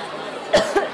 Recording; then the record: coughing mixed with background sound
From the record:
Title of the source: Coughing Woman Sound - Woman Cough Sound Effect